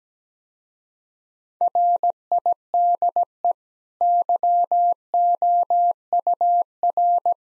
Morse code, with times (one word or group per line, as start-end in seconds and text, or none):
1.6-3.5 RIDE
4.0-7.3 YOUR